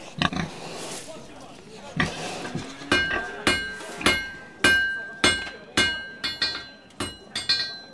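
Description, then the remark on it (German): A castle blacksmith hammers metal on an anvil with a huge hammer: a few scattered knocks, then about ten loud, ringing clangs in a steady rhythm, each leaving a high metallic tone hanging in the air. “Wer ist denn der starke Mann da mit dem riesigen Hammer? Ach, du meinst Oswald, unseren Hofschmied.”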